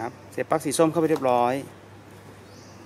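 A man talks while the black charger plug, the second charging plug, is pushed into its socket on a Sur-Ron electric motorbike, followed by a quieter stretch with faint background noise. Nothing has seated or clicked yet; the plug is not yet home.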